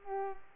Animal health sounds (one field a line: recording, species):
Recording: mosquito wingbeat signal from an infrared sensor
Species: Culex pipiens